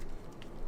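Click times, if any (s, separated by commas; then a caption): 0.4 s. A plastic cover is pressed back onto the shell of a Toyota car key fob during a battery replacement. Over a low background hum, a single short, bright snap is heard at 0.4 s as the cover clicks shut and seats onto the shell.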